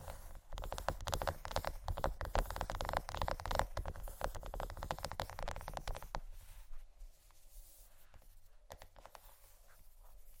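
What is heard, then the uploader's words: Fingernails scratch and tap on chocolate in quick, dense bursts of crisp clicks and scrapes. The activity is busiest through the first six seconds, then thins to sparse taps and a few brighter scratches near the end, over a low steady hum. ASMR Chocolate Scratching & Tapping Low Lights（No Talking）.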